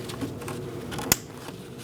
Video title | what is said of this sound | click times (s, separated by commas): How to Replace Vapor Canister Vent Solenoid 2004-2012 Chevrolet Colorado 3.7L L5 | You're going to hear a click. | 1.1 s